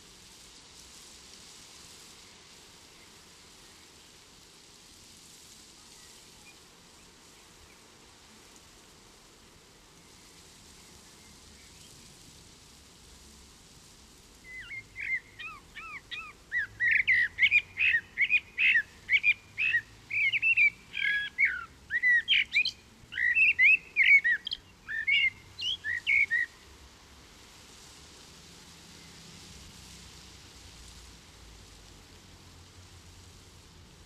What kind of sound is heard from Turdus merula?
song